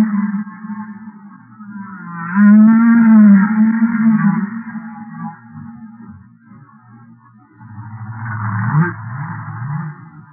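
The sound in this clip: Humpback whale song: long, low, wavering moans with rich overtones, a strong rising-and-falling unit near the start and a rougher, grumbling phrase later.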